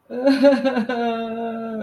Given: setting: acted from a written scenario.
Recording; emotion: vocal sound without words; sadness